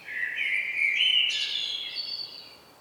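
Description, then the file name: Common blackbird: one loud, melodious whistled phrase that climbs and breaks into a high, squeaky twitter. "Turdus merula"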